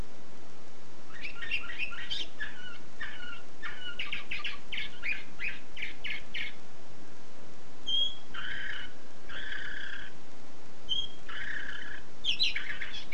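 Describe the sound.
Canary song: bursts of rapid chirps and trills from about one to seven seconds, then shorter warbled phrases and clear whistled notes.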